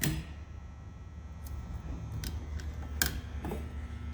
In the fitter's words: on, you slide until you hear it click.